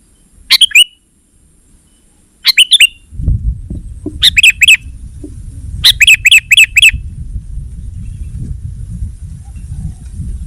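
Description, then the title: Sooty-headed bulbul song: bright chirping phrases in bursts, the last a quick run of five repeated notes, with a low rumbling background from the middle onward. "kutilang"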